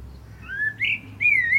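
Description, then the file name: Common blackbird fluted whistles: two or three smooth, sweet notes gliding upward then levelling off, within under two seconds. "Turdus merula"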